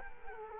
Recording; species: mosquito wingbeat signal from an infrared sensor; Culex quinquefasciatus